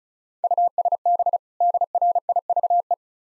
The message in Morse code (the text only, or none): USB DRIVE